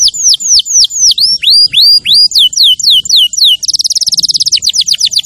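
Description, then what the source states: Canary song with evenly spaced swooping whistled notes, then a sudden switch to a fast, dense, rattling trill. Champion canary song used as a master recording for training other birds.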